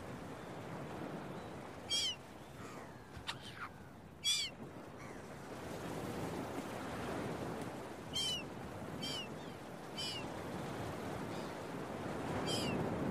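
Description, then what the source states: Gulls crying, short sharp mewing notes in scattered bursts, a pair early, a run of three later and one more at the end, over a continuous hiss of surf. Seagulls at a beach with waves, recorded early in the morning.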